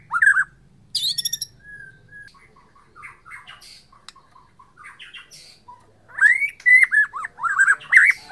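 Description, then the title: White-rumped shama song: harsh chatter and a long whistle, a quiet stretch of soft notes, then loud rich whistled phrases return near the end. Borneo form. "MURAI BORNEO MAS KIKI"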